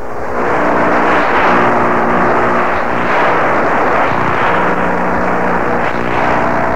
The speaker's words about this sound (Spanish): Cuando su receptor está cerca de otro equipo electrónico, como los aparatos de televisión, los escáneres, etc., las señales que llegan pueden tener cierta interferencia como esta.